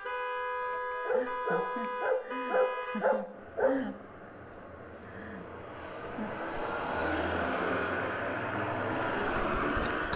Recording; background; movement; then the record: laughter; traffic; sitting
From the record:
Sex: female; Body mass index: 25.5 kg/m2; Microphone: on the chest, facing outward